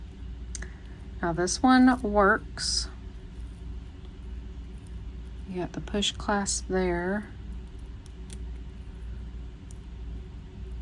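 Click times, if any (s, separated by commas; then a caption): 8.3 s. Someone talks while pushing the tongue of a push clasp into its clasp housing on a necklace. A sharp, small snap sounds at 8.3 s as the clasp locks into place.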